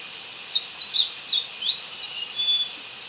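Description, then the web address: Blue seedeater song, a rapid run of high, sweet twittering notes lasting about two seconds, ending in a thin drawn-out whistle, over a steady high hiss. Recorded in Ecuador. "Birds of Ecuador. Blue Seedeater"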